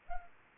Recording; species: mosquito wingbeat signal from an infrared sensor; Anopheles arabiensis